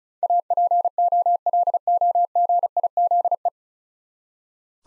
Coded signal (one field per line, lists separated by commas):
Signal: Morse code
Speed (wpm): 36 wpm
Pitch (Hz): 700 Hz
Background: none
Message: APOLOGIZE